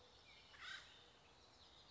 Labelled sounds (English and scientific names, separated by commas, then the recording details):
Acorn Woodpecker (Melanerpes formicivorus)
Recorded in Sonoma County, California